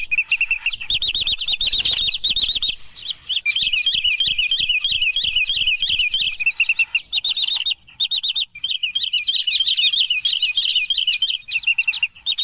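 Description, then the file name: Green sandpiper calls: a fast, continuous run of high, clear notes that rise and fall, with short gaps near the third and eighth seconds. "tieng choat bung trang"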